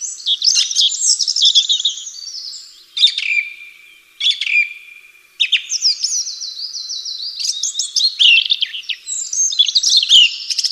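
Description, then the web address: Bird song: rapid, varied high twittering and whistled phrases with chirps and trills, broken by brief pauses, many notes layered together. "atelierson sons birds"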